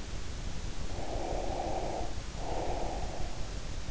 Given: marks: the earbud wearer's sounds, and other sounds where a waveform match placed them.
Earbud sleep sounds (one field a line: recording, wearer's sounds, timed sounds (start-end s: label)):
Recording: sounds in sleep by an in-ear microphone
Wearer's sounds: breath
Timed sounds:
0.80-3.25 s: breath